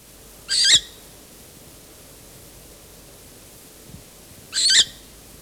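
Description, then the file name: Short-eared owl rasping, two short hoarse hissing bursts about four seconds apart, with quiet steady background between them. On a nest with young. "Velduil op een nest met jongen - Sound Cloud - Beeld en Geluid"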